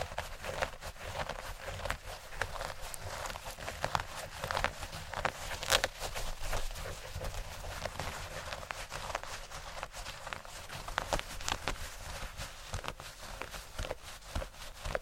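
Fabric rustles and shuffles continuously, a dense, busy texture of soft scraping and brushing with many quick overlapping strokes. Brief sharper swishes and rubs stand out every second or so, especially around six, ten and twelve seconds, over a low steady rumble.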